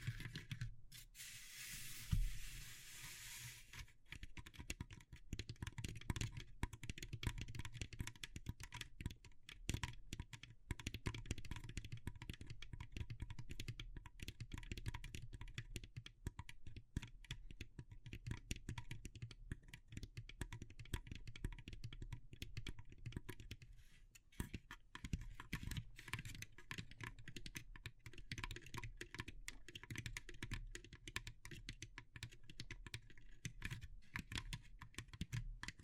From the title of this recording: Natural Triggers Wood, Bamboo and Straw